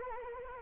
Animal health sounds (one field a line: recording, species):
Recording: mosquito wingbeat signal from an infrared sensor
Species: Anopheles arabiensis